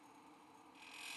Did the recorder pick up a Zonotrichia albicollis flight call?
no